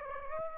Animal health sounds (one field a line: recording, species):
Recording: mosquito wingbeat signal from an infrared sensor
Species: Aedes aegypti